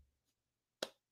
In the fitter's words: flip cover, right? And it's you hear that?